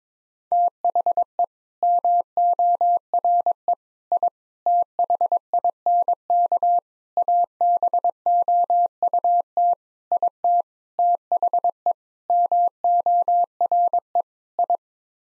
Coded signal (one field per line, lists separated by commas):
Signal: Morse code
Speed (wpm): 22 wpm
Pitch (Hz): 700 Hz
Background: none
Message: THE MORE I THINK ABOUT IT THE MORE I